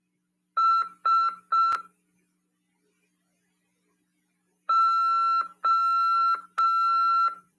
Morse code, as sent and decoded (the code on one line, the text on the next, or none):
... / ---
S O